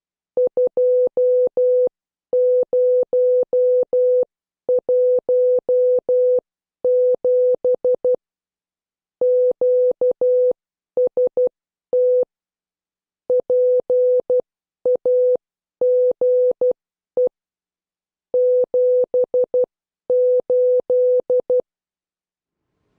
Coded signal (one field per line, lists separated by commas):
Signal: Morse code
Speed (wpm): 12 wpm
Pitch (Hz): 500 Hz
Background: none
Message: 2017 QST PAGE 78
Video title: Morse Code Class 10